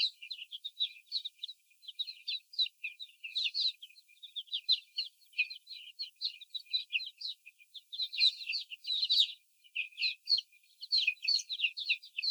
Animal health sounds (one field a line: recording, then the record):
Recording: young laying hens in a cage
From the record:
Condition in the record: before the stressor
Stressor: sudden umbrella opening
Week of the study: 3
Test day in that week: 2